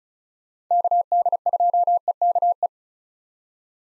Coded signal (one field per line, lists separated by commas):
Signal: Morse code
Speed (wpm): 45 wpm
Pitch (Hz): 700 Hz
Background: none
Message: KD2EKE